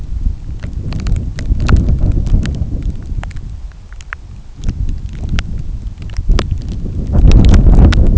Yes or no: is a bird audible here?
no